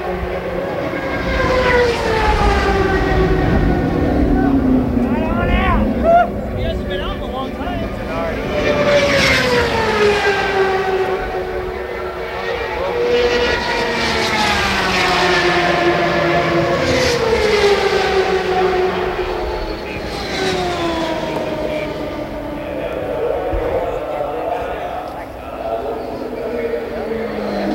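IndyCar racing at Fontana: engine whines sweep up and then fall away as cars scream past, about every five seconds across the half minute. A steady, dense roar of other engines fills the background throughout, with a low rumble underneath.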